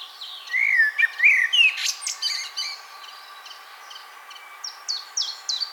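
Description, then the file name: Common blackbird song: low fluted whistled phrases, followed by higher squeaky twittering notes repeated in a short series. "Turdus merula"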